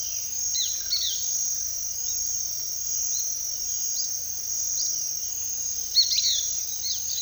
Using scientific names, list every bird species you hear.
Myiozetetes similis